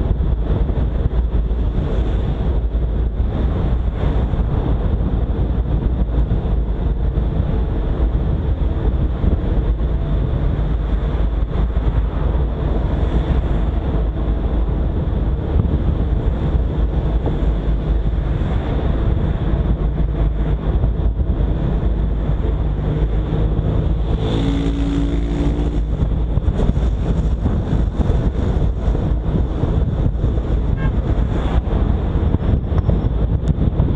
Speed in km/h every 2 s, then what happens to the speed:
49, 48, 47, 44, 44, 45, 45, 43, 43, 44, 43, 43, 43, 46, 48, 47, 52.
0-25 steady at about 44. 25-34 speeds up to 52.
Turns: none.